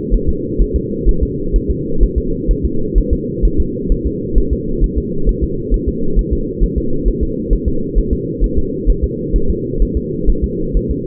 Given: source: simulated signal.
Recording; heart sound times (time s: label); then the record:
fetal heart sounds
0.14 s: S1
0.29 s: S2
0.61 s: S1
0.76 s: S2
1.09 s: S1
1.23 s: S2
1.56 s: S1
1.70 s: S2
2.03 s: S1
2.18 s: S2
2.51 s: S1
2.65 s: S2
2.98 s: S1
3.13 s: S2
3.45 s: S1
3.60 s: S2
3.92 s: S1
4.06 s: S2
4.38 s: S1
4.53 s: S2
4.84 s: S1
4.98 s: S2
5.29 s: S1
5.44 s: S2
5.74 s: S1
5.88 s: S2
6.19 s: S1
6.33 s: S2
6.63 s: S1
6.78 s: S2
7.08 s: S1
7.23 s: S2
7.53 s: S1
7.68 s: S2
7.98 s: S1
8.13 s: S2
8.44 s: S1
8.58 s: S2
8.90 s: S1
9.04 s: S2
9.36 s: S1
9.50 s: S2
9.82 s: S1
9.97 s: S2
10.29 s: S1
10.44 s: S2
10.77 s: S1
10.91 s: S2
From the record:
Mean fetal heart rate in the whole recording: 130 bpm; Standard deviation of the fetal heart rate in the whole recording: 2 bpm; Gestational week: 36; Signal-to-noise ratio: -8.1 dB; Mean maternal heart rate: 72 bpm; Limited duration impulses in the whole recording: absent